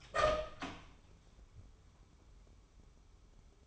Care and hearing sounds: daily activity, microphone in the room; open door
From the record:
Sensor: 1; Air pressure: 1015.2 hPa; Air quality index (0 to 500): 180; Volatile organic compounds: 15 ppm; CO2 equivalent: 2510 ppm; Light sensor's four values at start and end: 8/19/7/8 and 8/19/7/7

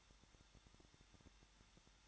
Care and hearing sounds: daily activity, microphone in the room; no activity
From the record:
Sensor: 3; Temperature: 21.2 degrees Celsius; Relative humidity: 36.4%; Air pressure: 1006.4 hPa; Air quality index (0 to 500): 223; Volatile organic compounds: 43 ppm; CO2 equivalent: 3191 ppm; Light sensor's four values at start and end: 2/3/2/2 and 2/3/2/2

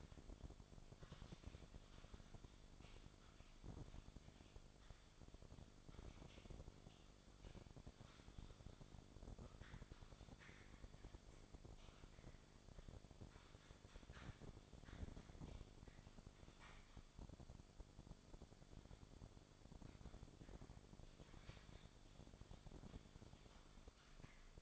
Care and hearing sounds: daily activity, microphone in the room; typing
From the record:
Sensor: 5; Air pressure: 1004.6 hPa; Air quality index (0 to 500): 168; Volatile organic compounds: 4 ppm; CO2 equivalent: 1578 ppm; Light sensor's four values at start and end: 18/43/17/16 and 18/43/17/16

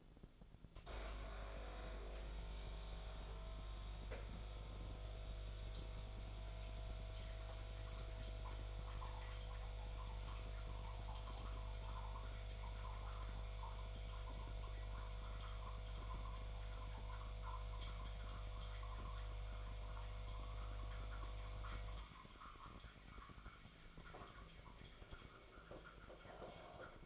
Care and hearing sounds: daily activity, microphone in the room; make coffee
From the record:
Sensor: 5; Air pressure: 1000.4 hPa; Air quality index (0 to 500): 125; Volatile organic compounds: 2 ppm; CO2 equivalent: 989 ppm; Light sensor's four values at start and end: 92/216/92/100 and 94/221/94/103

